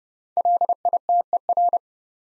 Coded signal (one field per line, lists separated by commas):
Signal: Morse code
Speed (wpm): 30 wpm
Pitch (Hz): 700 Hz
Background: none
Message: LITER